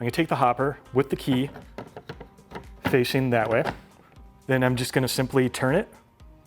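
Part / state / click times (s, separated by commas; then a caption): bean hopper onto espresso grinder body / not seated / none. A bean hopper is set onto a Mahlkönig E65S/E80S espresso grinder body with its key facing the right way and then twisted to lock it on, while someone talks throughout. A few faint, brief handling taps are heard around 2.0–2.2 s and 6.2 s. The hopper has not seated or clicked into place yet by the end of the clip.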